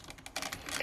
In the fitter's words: just like that it will click into place you can close up the top of the T-Rex head and you can close the mouth